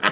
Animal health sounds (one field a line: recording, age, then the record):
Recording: pig call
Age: piglet (1 to 25 days)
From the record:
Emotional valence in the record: positive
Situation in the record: before nursing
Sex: male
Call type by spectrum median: low-frequency call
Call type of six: low-frequency tonal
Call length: 0.12 s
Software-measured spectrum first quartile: 1299 Hz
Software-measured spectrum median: 2162 Hz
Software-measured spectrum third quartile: 4002 Hz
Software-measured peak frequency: 1278 Hz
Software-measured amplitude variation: 203 dB a second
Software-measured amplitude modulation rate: 4.0 a second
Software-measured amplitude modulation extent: 50.8 dB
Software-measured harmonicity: -2.4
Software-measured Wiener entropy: -1.32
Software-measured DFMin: 811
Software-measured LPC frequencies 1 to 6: 1361, 1667, 2643, 3085, 4299, 5155 Hz